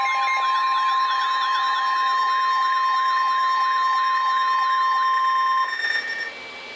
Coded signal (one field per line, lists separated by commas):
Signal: Emergency Alert System (SAME) tones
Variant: 1050 Hz attention tone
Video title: Severe Thunderstorm Warning #5 - 07/18/15 (EAS #945)